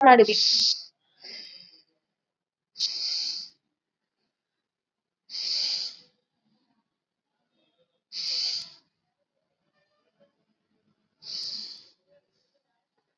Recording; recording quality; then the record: shallow breathing; excellent, no background noise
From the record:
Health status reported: COVID-19 positive, moderate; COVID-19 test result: positive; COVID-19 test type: RT-PCR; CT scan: not taken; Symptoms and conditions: cough, sore throat, fatigue, diarrhoea, hypertension, diabetes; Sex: male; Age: 72 years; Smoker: no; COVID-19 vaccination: both doses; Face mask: worn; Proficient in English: no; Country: India